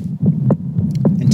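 Low, muffled thumps come in paired lub-dub beats, about two full cycles in just over a second, roughly 110 a minute, over a steady low hum. It is an adult man's heartbeat picked up close by a cell phone microphone.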